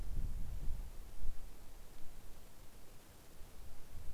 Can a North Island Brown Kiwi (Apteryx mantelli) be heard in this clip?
no